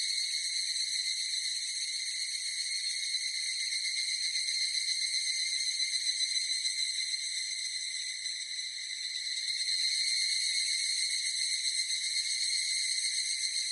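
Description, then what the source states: Evening cicada song, a sustained shrill ringing trill, softening briefly after the middle, then returning louder. Recorded 18 July 2004.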